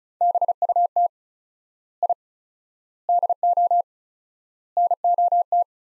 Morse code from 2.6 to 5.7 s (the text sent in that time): DO NOT